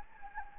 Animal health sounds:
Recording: mosquito wingbeat signal from an infrared sensor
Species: Anopheles gambiae

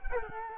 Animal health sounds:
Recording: mosquito wingbeat signal from an infrared sensor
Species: Culex quinquefasciatus

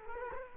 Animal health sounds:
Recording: mosquito wingbeat signal from an infrared sensor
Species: Culex quinquefasciatus

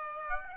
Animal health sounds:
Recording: mosquito wingbeat signal from an infrared sensor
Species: Aedes aegypti

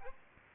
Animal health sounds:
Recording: mosquito wingbeat signal from an infrared sensor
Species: Aedes aegypti

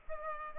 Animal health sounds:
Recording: mosquito wingbeat signal from an infrared sensor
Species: Culex pipiens

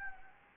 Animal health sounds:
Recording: mosquito wingbeat signal from an infrared sensor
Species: Anopheles gambiae

